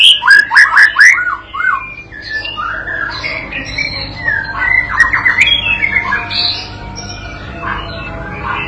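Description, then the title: White-rumped shama song: a loud burst of fast chattering notes, then quieter varied whistles and squawky phrases that wander in pitch. Masteran (training) recording used to teach and provoke a young shama (paud) to sing energetically (gacor); meant to draw an immediate reply. "MURAI BATU PAUD BELAJAR GACOR, AJARI DENGAN MASTERAN PANCINGAN INI, PANCING LANGSUNG NYAUT"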